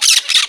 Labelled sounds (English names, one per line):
Brown-throated Parakeet contact call